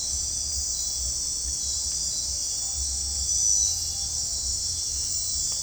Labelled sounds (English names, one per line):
none